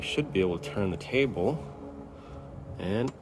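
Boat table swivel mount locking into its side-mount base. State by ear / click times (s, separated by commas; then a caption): not seated / none. A boat table on its side-mount pedestal is being turned, with its swivel mount being handled toward its locking position in the side-mount base. Someone talks throughout, and the clip ends before the mount locks, so nothing has seated or clicked yet.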